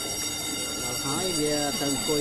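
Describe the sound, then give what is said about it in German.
A courtroom bell at the Khmer Rouge Tribunal in Phnom Penh, Cambodia, rings inside the sealed-off courtroom to signal the resumption of proceedings, with a continuous, steady, bright, buzzing tone that doesn't let up, while voices start talking over it partway through. “Die Klingel zur Fortsetzung des Verfahrens drinnen im abgeriegelten Gerichtssaal läutet.”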